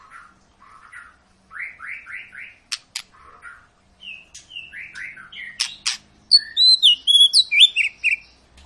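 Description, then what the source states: White-rumped shama song: soft chattering phrases build into loud, quick whistled slurs and high trills toward the end. Long lure recording (pancingan) of a shama singing vigorously (gacor), used to prompt other birds to sing.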